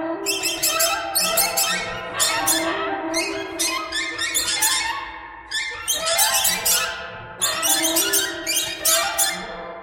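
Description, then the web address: Birds squeaking and chattering at once, a busy unbroken chorus with louder bursts. "soundfactory birds"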